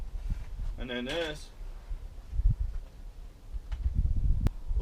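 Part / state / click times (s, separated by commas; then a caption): night vision binocular into shooting-stick mount / seated / 4.5 s. After the yoke is popped off the Primo shooting sticks, a night vision binocular is pushed into the shooting-stick mount while someone talks briefly over low handling rumble. A faint tick comes at 3.7 s, and a sharp, very short snap at 4.5 s marks the binocular seating in the mount.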